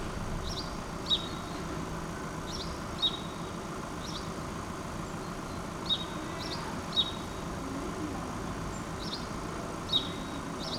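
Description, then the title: Sparrows chirping in short paired notes at irregular intervals, against a steady background rumble of city traffic. Urban street, Rue Keyenveld, Ixelles, Brussels, Belgium; cars and people passing by; recorded with Lom Usi Pro microphones into a Zoom F6. "Rue Keyenveld, Ixelles, Bruxelles-Capitale, Belgique - Sparrows - moineaux"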